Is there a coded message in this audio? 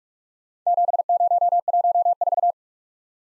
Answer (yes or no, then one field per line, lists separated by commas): yes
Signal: Morse code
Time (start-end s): 0.7-2.5 s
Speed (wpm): 44 wpm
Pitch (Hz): 700 Hz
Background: none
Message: 7014